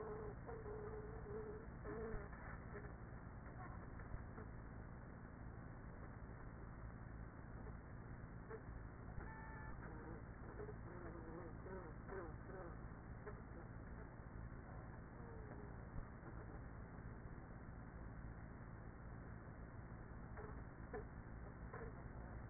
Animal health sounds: honeybee colony, microphone inside the hive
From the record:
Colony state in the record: queenless with a low population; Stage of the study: after two queens were removed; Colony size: about 30,000 bees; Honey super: no

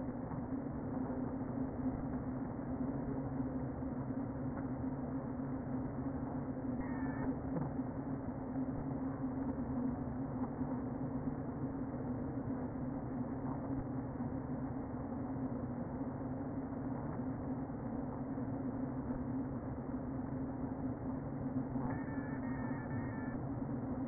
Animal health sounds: honeybee colony, microphone inside the hive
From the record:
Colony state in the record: queen present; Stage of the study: before two queens were removed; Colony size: about 60,000 bees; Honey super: yes

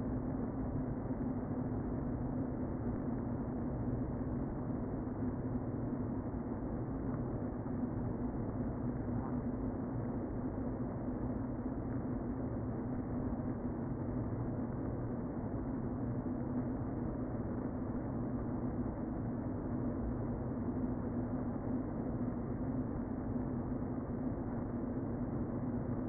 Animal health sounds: honeybee colony, microphone inside the hive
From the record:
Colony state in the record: queen present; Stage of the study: before two queens were removed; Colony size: about 60,000 bees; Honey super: yes

